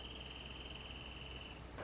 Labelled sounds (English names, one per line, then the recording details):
Wrentit
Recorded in Sonoma County, California